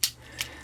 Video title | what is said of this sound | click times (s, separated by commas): Optibotimus Reviews: Transformers Power of the Prime Leader Class OPTIMUS PRIME | this back and around lock that into place | 0.0 s